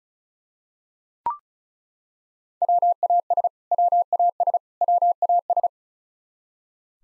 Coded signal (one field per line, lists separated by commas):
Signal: Morse code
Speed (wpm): 34 wpm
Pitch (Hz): 700 Hz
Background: none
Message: WAS WAS WAS